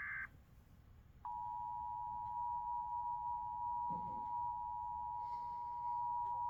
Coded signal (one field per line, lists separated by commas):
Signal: Emergency Alert System (SAME) tones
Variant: 853 and 960 Hz attention tone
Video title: Eas mississipi's Rmt on comcast stream Eas#504